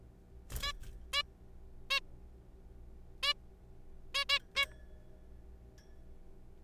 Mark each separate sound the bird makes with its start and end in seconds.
0.63-0.72, 1.13-1.22, 1.90-2.00, 3.23-3.33, 4.15-4.24, 4.29-4.39, 4.56-4.66